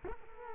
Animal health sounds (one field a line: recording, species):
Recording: mosquito wingbeat signal from an infrared sensor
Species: Culex quinquefasciatus